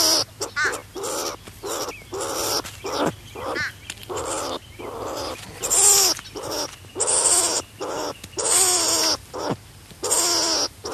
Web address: earth naturelibrary. striped skunk